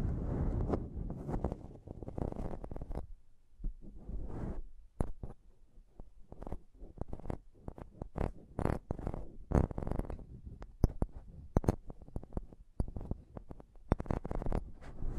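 Rapid, irregular mic tapping and scratching, dense bursts of low thumps and crackly scrapes with brief pauses near four and seven seconds.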